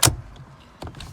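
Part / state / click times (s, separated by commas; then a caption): driver airbag module into steering wheel hub / seated / 0.0 s. A driver airbag module is pressed back into the steering wheel hub of a 2016/17 Nissan Maxima and latches with a sharp, loud click at 0.1 s. Fainter clicks and light rattles follow between about 0.8 and 1.0 s. The module is seated in the hub.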